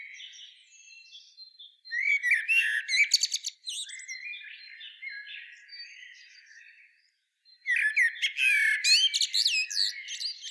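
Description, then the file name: Common blackbird singing strained, chattering phrases with high squeaky twitters, a soft warbling stretch, a short pause, then another loud twittering burst. "Turdus merula"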